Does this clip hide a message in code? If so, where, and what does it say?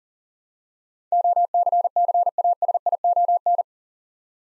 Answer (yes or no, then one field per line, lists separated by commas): yes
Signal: Morse code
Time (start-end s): 1.1-3.6 s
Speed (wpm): 40 wpm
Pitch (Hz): 700 Hz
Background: none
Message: OCCASION